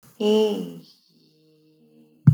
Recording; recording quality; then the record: sustained vowel as in made; moderate, slight background noise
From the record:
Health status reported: healthy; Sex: female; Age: 38 years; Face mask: not worn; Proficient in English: yes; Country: India